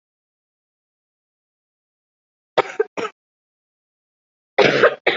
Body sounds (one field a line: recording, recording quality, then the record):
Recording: heavy voluntary cough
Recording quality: excellent, no background noise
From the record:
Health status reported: COVID-19 positive, moderate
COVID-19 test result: positive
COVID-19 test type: RT-PCR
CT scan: not taken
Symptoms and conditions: cough, fever, fatigue, muscle pain, loss of smell and taste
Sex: female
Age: 34 years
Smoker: no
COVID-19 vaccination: both doses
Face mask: worn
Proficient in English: yes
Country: India